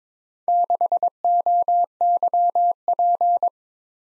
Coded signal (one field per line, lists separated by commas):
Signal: Morse code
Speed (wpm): 22 wpm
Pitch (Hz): 700 Hz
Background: none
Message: 6OYP